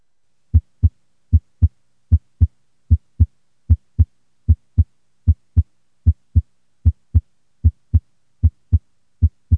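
Normal adult heart sounds heard through a stethoscope: crisp paired first and second sounds in a steady, regular rhythm at about 76 beats per minute, low-pitched, with clear silent gaps between beats and no murmur.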